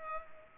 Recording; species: mosquito wingbeat signal from an infrared sensor; Culex pipiens